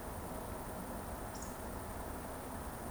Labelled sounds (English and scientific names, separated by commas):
Eurasian Woodcock (Scolopax rusticola) whistle